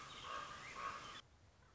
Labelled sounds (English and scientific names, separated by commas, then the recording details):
Common Raven (Corvus corax)
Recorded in Sonoma County, California